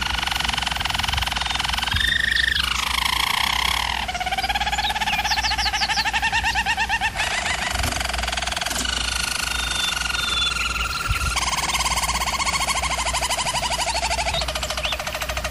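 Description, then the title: German Roller canary song: continuous low rolling tours that shift pitch every few seconds, some rising and falling, with a steady background hum. Singing used for canary training. "German Roller Canary Singing - Canary Training Vid"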